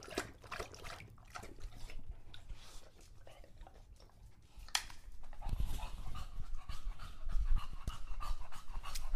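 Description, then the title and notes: English Bulldog lapping water in rapid wet clicks, then louder rough breathing and slurping building toward the end. Male pet English Bulldog named Lucho drinking from a water bowl after a long walk, heavily out of breath between drinks. "English Bulldog Drinks from Water Bowl. listen to Lucho the English Bulldog as he tries to drink water after a long walk. Don't let his heavy breathing fool you in between drinks, he's equally out of breath from the walk"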